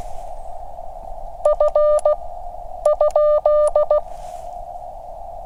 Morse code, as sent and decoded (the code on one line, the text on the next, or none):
..-. / ..--..
F ?